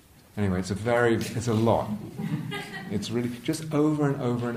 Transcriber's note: laughter